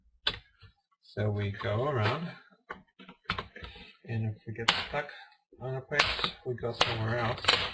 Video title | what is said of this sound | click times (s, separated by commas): Acer replacement | if you hear snapping counts that's a good sign | 0.3 s